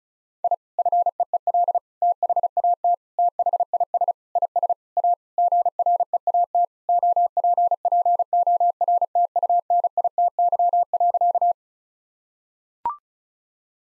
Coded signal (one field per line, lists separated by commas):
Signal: Morse code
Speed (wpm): 36 wpm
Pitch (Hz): 700 Hz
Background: none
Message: I FEEL THAT THIS IS A GREAT OPPORTUNITY.